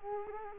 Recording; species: mosquito wingbeat signal from an infrared sensor; Culex quinquefasciatus